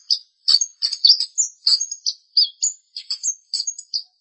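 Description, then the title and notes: Long-tailed shrike song: a lively, varied run of high chattering and whistled notes, several per second, with short gaps between phrases. "Pentet 201703. Suara burung pentet"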